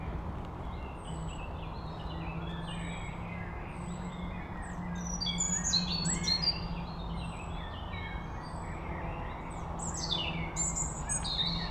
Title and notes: Les Corbières, Pugny-Chatenod, Savoie, Auvergne-Rhône-Alpes, France métropolitaine, 73100, France - rouge_gorge. Au bord du chemin dans les bois , le chant d'un rouge-gorge au premier plan